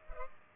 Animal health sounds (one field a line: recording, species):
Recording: mosquito wingbeat signal from an infrared sensor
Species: Culex pipiens